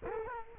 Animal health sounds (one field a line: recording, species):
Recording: mosquito wingbeat signal from an infrared sensor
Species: Culex quinquefasciatus